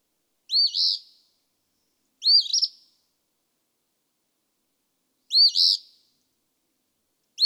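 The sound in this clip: Eastern phoebe repeating its buzzy fee-bee song, three full phrases spaced by pauses of one to three seconds, a fourth just starting.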